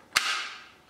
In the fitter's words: clicks into place very very little wiggle room and then you